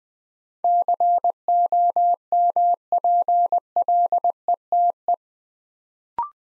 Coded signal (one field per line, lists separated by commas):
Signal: Morse code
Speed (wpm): 20 wpm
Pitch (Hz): 700 Hz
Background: none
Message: COMPLETE